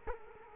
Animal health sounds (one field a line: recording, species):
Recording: mosquito wingbeat signal from an infrared sensor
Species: Culex quinquefasciatus